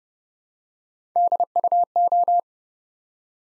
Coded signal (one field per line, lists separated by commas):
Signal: Morse code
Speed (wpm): 30 wpm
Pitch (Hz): 700 Hz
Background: none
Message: DUO